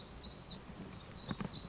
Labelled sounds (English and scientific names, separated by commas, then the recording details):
Black-throated Gray Warbler (Setophaga nigrescens)
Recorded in Sonoma County, California